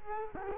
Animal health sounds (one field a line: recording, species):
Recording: mosquito wingbeat signal from an infrared sensor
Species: Culex quinquefasciatus